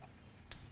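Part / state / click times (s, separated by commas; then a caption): plastic wiring harness adapter plug into vehicle factory connector / seated / 0.5 s. A plastic plug-in lighting harness adapter is pushed into the factory wiring connector behind the backlight of a 2017–2020 Ford Raptor truck. Over a low background hum, one sharp, bright click lands at 0.5 s as the connector seats.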